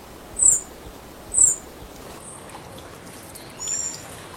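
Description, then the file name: Black-backed tanager uttering two sharp, very high, down-slurred notes about a second apart, then a softer drawn-out high note, over quiet background hiss. "canto da saira sapucaia"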